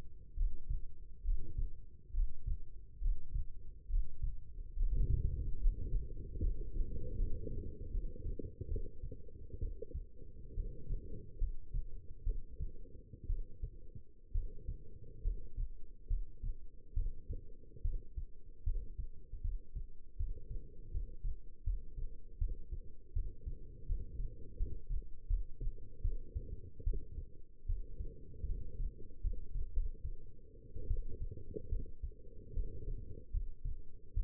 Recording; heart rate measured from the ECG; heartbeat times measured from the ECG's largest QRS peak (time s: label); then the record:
heart sounds by stethoscope; 73 bpm
0.35 s: heartbeat
1.23 s: heartbeat
2.12 s: heartbeat
3.00 s: heartbeat
3.88 s: heartbeat
4.75 s: heartbeat
5.59 s: heartbeat
6.40 s: heartbeat
7.15 s: heartbeat
7.91 s: heartbeat
8.68 s: heartbeat
9.59 s: heartbeat
10.54 s: heartbeat
11.38 s: heartbeat
12.24 s: heartbeat
13.27 s: heartbeat
14.32 s: heartbeat
15.22 s: heartbeat
16.07 s: heartbeat
16.94 s: heartbeat
17.82 s: heartbeat
18.63 s: heartbeat
19.41 s: heartbeat
20.16 s: heartbeat
20.91 s: heartbeat
21.64 s: heartbeat
22.38 s: heartbeat
23.13 s: heartbeat
23.86 s: heartbeat
24.57 s: heartbeat
25.27 s: heartbeat
26.02 s: heartbeat
26.84 s: heartbeat
27.66 s: heartbeat
28.46 s: heartbeat
29.21 s: heartbeat
29.73 s: heartbeat
30.88 s: heartbeat
31.69 s: heartbeat
32.54 s: heartbeat
33.31 s: heartbeat
34.14 s: heartbeat
From the record:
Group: healthy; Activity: Valsalva maneuver 0-5 s, rest 5-34 s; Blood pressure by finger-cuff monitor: 148/89 mmHg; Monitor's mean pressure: 107 mmHg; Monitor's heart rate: 71 bpm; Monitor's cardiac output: 6.2 L/min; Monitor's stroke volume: 86 mL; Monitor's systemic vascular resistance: 1240 dyn s/cm5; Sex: female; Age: 22 years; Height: 171 cm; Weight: 65.6 kg